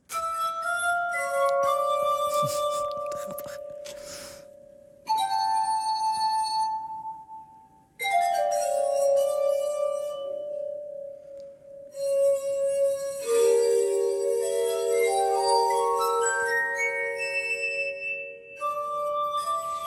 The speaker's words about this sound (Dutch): Maar het wordt hier door de artiest gespeeld op wijnglazen. En hij was een enorme wijnliefhebber. En die glazen vullen ze dan met water. Ja, mooi, ja. Een glass harp wordt dat genoemd. En dan klinkt die fuga dus zo.